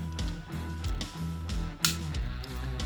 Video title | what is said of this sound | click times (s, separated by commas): Patriot Prime Reviews Legacy Motormaster | that'll snap into place nice and secure there's a tab here | 1.8 s